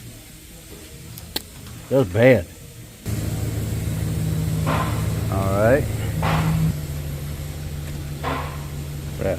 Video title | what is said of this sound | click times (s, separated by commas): 2007 - 2013 GM Brake Circuit Box Replacement - Silverado, Sierra 1/2 ton Dorman Circuit Board | a dormant one let's just snap right in it's good let's try it out | 1.2 s, 1.4 s